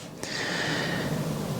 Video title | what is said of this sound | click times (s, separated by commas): Bernina Bobbin Winding and Lower Thread | inside until it clicks | 0.2 s